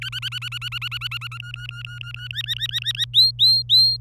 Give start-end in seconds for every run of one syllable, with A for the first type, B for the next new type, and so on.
0.02-1.38 A, 1.40-2.28 B, 2.31-3.05 C, 3.13-3.96 D